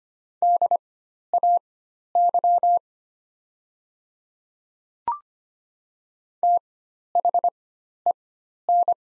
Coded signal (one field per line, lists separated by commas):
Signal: Morse code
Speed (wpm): 25 wpm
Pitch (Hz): 700 Hz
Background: none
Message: DAY THEN